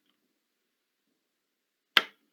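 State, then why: Seated. A memory module is pressed home into a motherboard RAM slot at the other end of the slot, and the retaining latch snaps closed on its own. After near silence, a single sharp, bright click sounds at 1.9 s, then quickly decays. The module is seated and the latch is shut.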